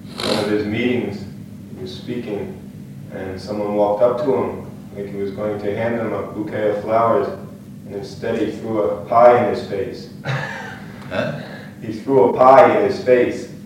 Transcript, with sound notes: At one of his meetings he was speaking, and someone walked up to him like he was going to hand him a bouquet of flowers, and instead he threw a pie in his face. [laughter]
Eh?
He threw a pie in his face.